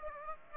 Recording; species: mosquito wingbeat signal from an infrared sensor; Aedes aegypti